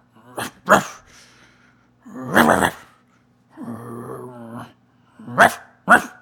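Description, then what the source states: Dog barking and growling: two sharp barks, a longer harsh bark, a low rumbling growl, then two more sharp barks close together. Angry dog.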